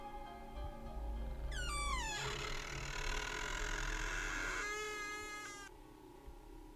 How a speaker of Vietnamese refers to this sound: Mộc Tử lục tìm chìa khóa, nghe Đoàn Lâm nói vậy thì khựng lại một lát. Cậu ta xoay chìa, còn chưa kịp đẩy thì cánh cửa kẽo kẹt tự mở ra.